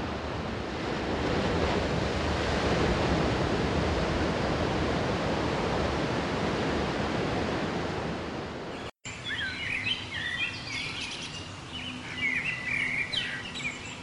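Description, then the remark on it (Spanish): A steady, loud roar of ocean waves washes continuously for about nine seconds, then cuts off abruptly to scattered high bird chirps over a low, steady hum. “Si quisiera, me la trago de una ola. Soy mar, el más gigante.”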